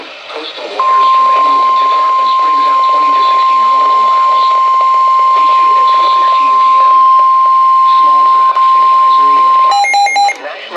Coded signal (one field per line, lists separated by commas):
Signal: Emergency Alert System (SAME) tones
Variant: 1050 Hz attention tone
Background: speech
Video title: SMW AGAIN on WWF38… From: 2/15/26 (New EAS #348)